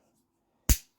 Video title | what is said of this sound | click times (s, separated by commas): LET'S TALK ROUGH RYDER KNIVES Vol.36 Rough Ryder Brown Micarta Marlin Spike Knife RR2753 | for goly that's got to snap as you can hear it snap lock then the bail kind of | 0.7 s